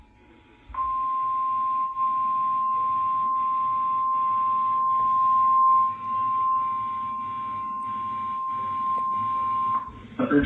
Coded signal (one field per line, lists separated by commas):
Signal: Emergency Alert System (SAME) tones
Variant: 1050 Hz attention tone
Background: speech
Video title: Severe Weather EAS Alert-A-Thon (Cox) 8/27/2024